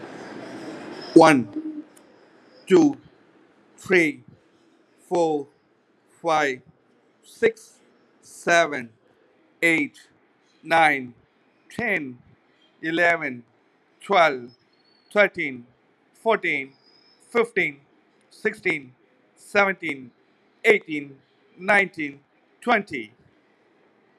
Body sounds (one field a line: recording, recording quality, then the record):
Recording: counting at a normal pace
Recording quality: excellent, no background noise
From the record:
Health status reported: healthy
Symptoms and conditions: none ticked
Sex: male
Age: 41 years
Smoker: yes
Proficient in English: yes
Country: India